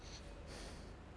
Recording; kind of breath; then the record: one breath in and out by a microphone near the nose and mouth; strong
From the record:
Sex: male